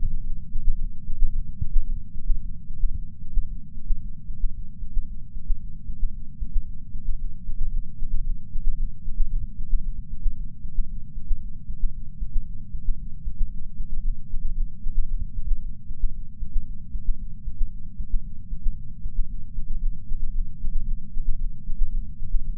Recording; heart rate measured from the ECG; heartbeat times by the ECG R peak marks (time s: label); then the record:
heart sounds by patch sensor on the chest; 114 bpm
0.21 s: heartbeat
0.76 s: heartbeat
1.30 s: heartbeat
1.83 s: heartbeat
2.37 s: heartbeat
2.90 s: heartbeat
3.43 s: heartbeat
3.97 s: heartbeat
4.50 s: heartbeat
5.03 s: heartbeat
5.56 s: heartbeat
6.09 s: heartbeat
6.62 s: heartbeat
7.15 s: heartbeat
7.68 s: heartbeat
8.21 s: heartbeat
8.74 s: heartbeat
9.27 s: heartbeat
9.79 s: heartbeat
10.32 s: heartbeat
10.84 s: heartbeat
11.37 s: heartbeat
11.89 s: heartbeat
12.41 s: heartbeat
12.94 s: heartbeat
13.47 s: heartbeat
13.99 s: heartbeat
14.52 s: heartbeat
15.05 s: heartbeat
15.57 s: heartbeat
16.09 s: heartbeat
16.62 s: heartbeat
17.14 s: heartbeat
17.67 s: heartbeat
18.19 s: heartbeat
18.72 s: heartbeat
19.25 s: heartbeat
19.77 s: heartbeat
20.30 s: heartbeat
20.83 s: heartbeat
21.35 s: heartbeat
21.88 s: heartbeat
22.40 s: heartbeat
From the record:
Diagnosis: coronary artery disease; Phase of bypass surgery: intraoperative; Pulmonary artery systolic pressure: 19 mmHg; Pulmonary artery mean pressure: 14 mmHg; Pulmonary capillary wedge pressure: 9 mmHg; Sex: female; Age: 71 years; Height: 150 cm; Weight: 59 kg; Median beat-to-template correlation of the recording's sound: 0.94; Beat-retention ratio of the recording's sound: 0.98